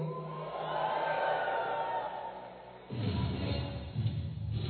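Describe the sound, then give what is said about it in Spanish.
An audience shouts for joy and cheers together in a sustained, loud wash of voices that shifts partway through into a deeper, rumbling roar. “¿Cuántos tienen un grito de júbilo por ahí?”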